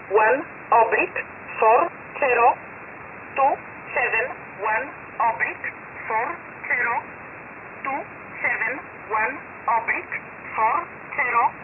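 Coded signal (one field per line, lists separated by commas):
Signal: numbers station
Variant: E11 Oblique, English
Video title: 10 11 2021 Number station E11 Oblique in English to Eu 0930 on 7469 unknown tx site in USB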